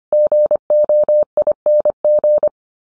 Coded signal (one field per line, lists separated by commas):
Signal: Morse code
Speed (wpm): 25 wpm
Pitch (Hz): 600 Hz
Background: none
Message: GOING